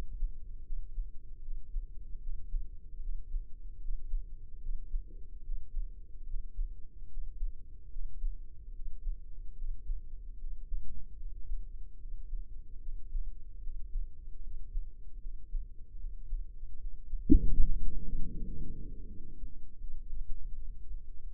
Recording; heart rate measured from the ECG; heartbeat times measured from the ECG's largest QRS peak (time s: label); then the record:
heart sounds by microphone in the left ear; 76 bpm
0.65 s: heartbeat
1.43 s: heartbeat
2.21 s: heartbeat
3.01 s: heartbeat
3.80 s: heartbeat
4.61 s: heartbeat
5.44 s: heartbeat
6.26 s: heartbeat
7.09 s: heartbeat
7.91 s: heartbeat
8.74 s: heartbeat
9.56 s: heartbeat
10.38 s: heartbeat
11.18 s: heartbeat
11.99 s: heartbeat
12.81 s: heartbeat
13.61 s: heartbeat
14.41 s: heartbeat
15.21 s: heartbeat
15.98 s: heartbeat
16.79 s: heartbeat
17.58 s: heartbeat
18.33 s: heartbeat
19.06 s: heartbeat
19.80 s: heartbeat
20.54 s: heartbeat
21.22 s: heartbeat
From the record:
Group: healthy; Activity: breath hold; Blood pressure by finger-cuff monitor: 97/51 mmHg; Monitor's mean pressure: 68 mmHg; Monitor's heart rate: 75 bpm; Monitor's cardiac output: 7.1 L/min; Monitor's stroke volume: 97 mL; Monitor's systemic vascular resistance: 670 dyn s/cm5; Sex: female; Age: 22 years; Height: 161 cm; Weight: 65.5 kg